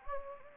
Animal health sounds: mosquito wingbeat signal from an infrared sensor; Anopheles gambiae

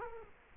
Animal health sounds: mosquito wingbeat signal from an infrared sensor; Culex quinquefasciatus

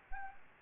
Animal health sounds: mosquito wingbeat signal from an infrared sensor; Anopheles gambiae

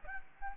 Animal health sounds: mosquito wingbeat signal from an infrared sensor; Aedes albopictus

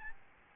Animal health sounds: mosquito wingbeat signal from an infrared sensor; Aedes albopictus

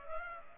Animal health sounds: mosquito wingbeat signal from an infrared sensor; Culex pipiens

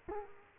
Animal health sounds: mosquito wingbeat signal from an infrared sensor; Culex quinquefasciatus

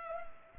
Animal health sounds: mosquito wingbeat signal from an infrared sensor; Culex pipiens

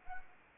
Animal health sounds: mosquito wingbeat signal from an infrared sensor; Anopheles arabiensis

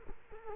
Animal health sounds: mosquito wingbeat signal from an infrared sensor; Culex quinquefasciatus

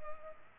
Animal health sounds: mosquito wingbeat signal from an infrared sensor; Culex pipiens

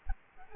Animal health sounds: mosquito wingbeat signal from an infrared sensor; Aedes albopictus

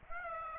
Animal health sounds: mosquito wingbeat signal from an infrared sensor; Aedes aegypti

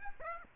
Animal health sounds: mosquito wingbeat signal from an infrared sensor; Aedes aegypti

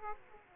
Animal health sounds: mosquito wingbeat signal from an infrared sensor; Aedes aegypti

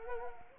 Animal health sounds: mosquito wingbeat signal from an infrared sensor; Anopheles arabiensis

